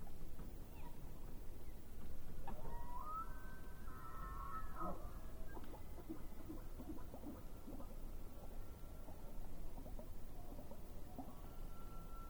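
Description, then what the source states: Elk bugling, a harmonic call climbing into a high whistle, then a long thin sustained tone, over a steady low rumble. Recorded during the rut at Yell Lake on 12 September 2016.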